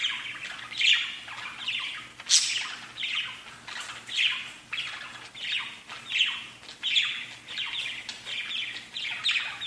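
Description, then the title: Budgerigar chatter: rapid squeaky chirps and descending scratchy squawks, continuous throughout. "Budgie Sounds"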